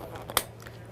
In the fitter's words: Click I'm moving around to this side on the other side